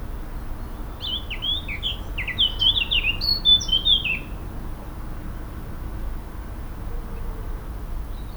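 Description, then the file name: Eurasian blackcap: a quick warbled phrase of varied slurred notes lasting about three seconds, over steady background noise. "Sylvia atricapilla"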